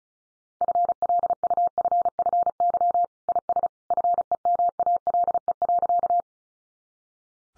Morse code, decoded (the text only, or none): FLUFFY IS FEMALE.